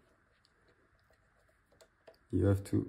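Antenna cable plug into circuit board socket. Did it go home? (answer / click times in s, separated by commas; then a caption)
no / none. An antenna cable plug is held lined up just in front of its small socket on a circuit board, ready to be pressed home with a finger. Quiet handling brings a few faint ticks near 0.5, 1.8 and 2.1 seconds, and then someone talks. Nothing has seated or clicked yet.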